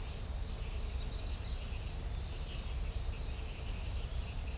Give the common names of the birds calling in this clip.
none